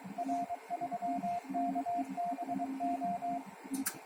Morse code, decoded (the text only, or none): R3KBO